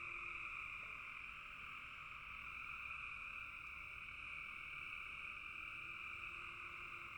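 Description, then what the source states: Frogs calling in a dense chorus, a steady unbroken wall of high trilling croaks in two bands that holds for the whole stretch. Frogs calling in a bog.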